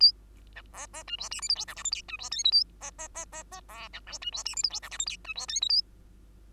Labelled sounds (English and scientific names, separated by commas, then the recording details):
Bengalese Finch (Lonchura striata domestica) song
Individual Bird2